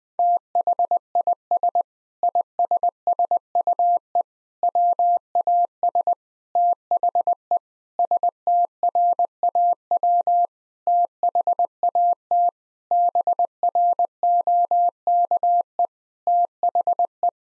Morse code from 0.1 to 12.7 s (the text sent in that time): THIS ISSUE WAS THE STRAW THAT